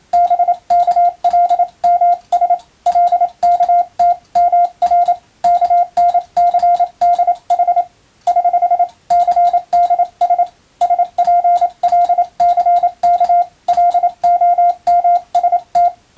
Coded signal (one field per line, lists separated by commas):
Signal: Morse code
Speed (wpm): 28 wpm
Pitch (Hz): 700 Hz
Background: none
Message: BKLMS LKT MR KNCDH <HH> CDS SPLCK LOMST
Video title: モールストレーニング！アマチュア無線ＣＷの練習用。YouTubeの再生速度を調整して手打ちモールスで受信練習を始めてみませんか(morse code practice radio operator )